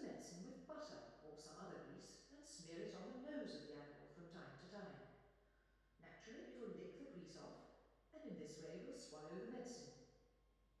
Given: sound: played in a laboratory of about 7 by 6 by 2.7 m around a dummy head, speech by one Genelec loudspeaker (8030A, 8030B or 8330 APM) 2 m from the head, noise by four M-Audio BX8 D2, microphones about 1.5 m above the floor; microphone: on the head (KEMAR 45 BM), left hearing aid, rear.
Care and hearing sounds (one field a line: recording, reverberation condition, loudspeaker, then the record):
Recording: female speech in English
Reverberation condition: high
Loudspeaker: 60 degrees to the right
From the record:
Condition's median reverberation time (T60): about 1300 ms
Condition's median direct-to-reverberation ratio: about -4.0 dB